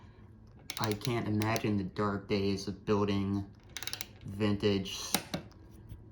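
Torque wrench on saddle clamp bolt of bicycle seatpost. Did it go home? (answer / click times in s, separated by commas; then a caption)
yes / 5.3 s. Someone talks while a click-type torque wrench tightens the saddle clamp bolt on the seatpost of a bicycle fitted with an S-Works Power saddle. The wrench breaks over with a single sharp click at 5.3 s, and the bolt is torqued up.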